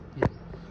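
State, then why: Seated. A charging cable plug is pushed into the charging socket of a TVS iQube 2.2kWh Base electric scooter. It rotates and locks with a short, sharp hit at 0.2 s, followed by quiet low hum. The plug is seated and locked in place.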